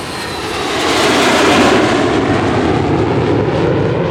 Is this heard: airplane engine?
yes